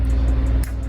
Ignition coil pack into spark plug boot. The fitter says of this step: oh see there's a click i'm not crazy all right we're